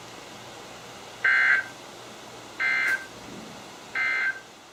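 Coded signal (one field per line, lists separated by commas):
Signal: Emergency Alert System (SAME) tones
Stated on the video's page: Weather radio broadcasts on 162.550, 162.475 and 162.450 MHz, received on several weather radios including Motorola MWR822, Maxon WX70, Midland 74-109, Reecom R1650, Sangean CL100, RadioShack models.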